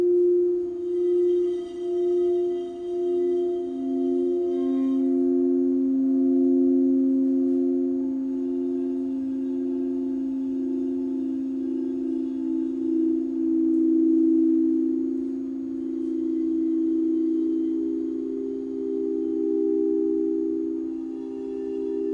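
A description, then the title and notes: Singing bowls hum in a sustained, overlapping low tone that swells and pulses gently, with a slow wavering beat in the first few seconds. Faint bright overtones shimmer above, fading around five seconds and returning later, while the deep drone holds steady throughout. This is a LIVE 60 minute Sound Bath recorded at Common Bond Yoga in Springfield, OR. Binaural bowls, harmonica bowls.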